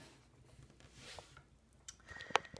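A small Shockwave robot transformed into a gun is plugged into the plastic hand peg of a Hasbro Transformers Combiner Wars Bruticus combiner figure. Faint handling rustles and a light tick at 1.9 s lead to a sharp plastic snap at 2.4 s, followed by a softer tap at 2.6 s. The gun is seated in the hand.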